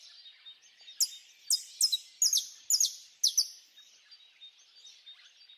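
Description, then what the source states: Bird song of sharp, very high clipped notes given in short pairs about every half second, over a soft background twitter of other birds. Birds singing at dawn.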